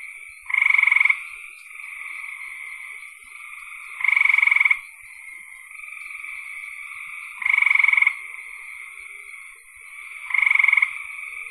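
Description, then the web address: Frog giving a loud pulsed burst about every three seconds over a softer continuous trill. "cn frogs"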